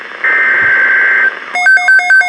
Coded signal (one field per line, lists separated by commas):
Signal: Emergency Alert System (SAME) tones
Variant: header bursts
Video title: PDS Tornado Watch #235 (Expansion) (EAS #1448-1449)